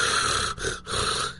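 Noisy, rasping breaths with a coarse snorting rattle, broken by two brief pauses in about one and a half seconds. This is an imitation of rattling breath sounds (rales), the noise of thick mucus lodged in the bronchi, as in bronchitis with heavy phlegm.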